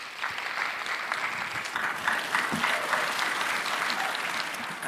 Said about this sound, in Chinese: 谢谢在座观众朋友们热烈的掌声， 谢谢大家、 大家呢到这儿来是参加我们第五届全国相声小品小剧场这个优秀节目展演的